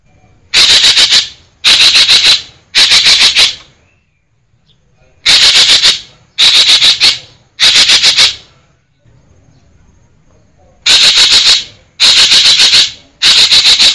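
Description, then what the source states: Green magpie giving loud, harsh chattering bursts, each a rapid run of about five rasping pulses, delivered in groups of three with short silent gaps between groups. Variations of green magpie vocalisations, called ekek geling in Indonesian.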